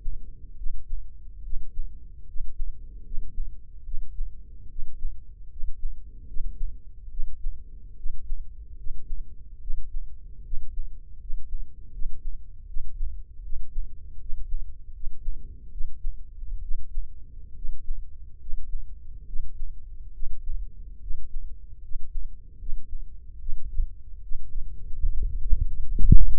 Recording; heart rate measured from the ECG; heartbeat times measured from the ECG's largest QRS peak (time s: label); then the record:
heart sounds by microphone in the left ear; 74 bpm
0.56 s: heartbeat
1.43 s: heartbeat
2.26 s: heartbeat
3.03 s: heartbeat
3.84 s: heartbeat
4.68 s: heartbeat
5.49 s: heartbeat
6.26 s: heartbeat
7.09 s: heartbeat
7.96 s: heartbeat
8.76 s: heartbeat
9.60 s: heartbeat
10.43 s: heartbeat
11.19 s: heartbeat
11.91 s: heartbeat
12.66 s: heartbeat
13.42 s: heartbeat
14.19 s: heartbeat
14.93 s: heartbeat
15.70 s: heartbeat
16.61 s: heartbeat
17.54 s: heartbeat
18.39 s: heartbeat
19.25 s: heartbeat
20.12 s: heartbeat
21.00 s: heartbeat
21.81 s: heartbeat
22.58 s: heartbeat
23.39 s: heartbeat
24.21 s: heartbeat
25.02 s: heartbeat
25.73 s: heartbeat
26.37 s: heartbeat
From the record:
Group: healthy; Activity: rest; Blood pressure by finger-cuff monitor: 112/74 mmHg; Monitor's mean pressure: 85 mmHg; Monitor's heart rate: 73 bpm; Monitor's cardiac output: 5.7 L/min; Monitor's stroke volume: 77 mL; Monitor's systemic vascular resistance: 1110 dyn s/cm5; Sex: male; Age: 21 years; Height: 170 cm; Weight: 71 kg